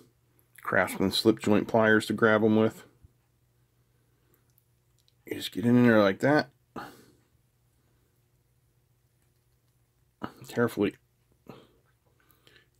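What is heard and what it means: Craftsman slip-joint pliers are positioned around a plastic insulation-piercing connector on a wire before it is squeezed shut. Someone talks between faint handling ticks and light clicks, with a brief louder tap near 10.2 s. The connector has not yet been squeezed shut and nothing has clicked.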